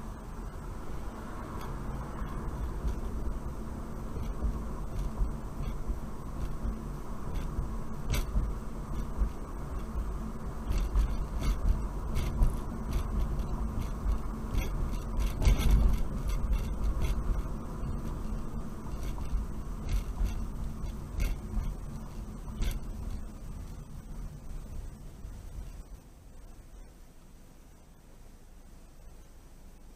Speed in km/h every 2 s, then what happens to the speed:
31, 35, 37, 39, 40, 40, 40, 39, 37, 34, 26, 23, 13, 5, 0.
0-7 speeds up to 40. 7-17 steady at about 40. 17-27 brakes to 0. 27-30 standing.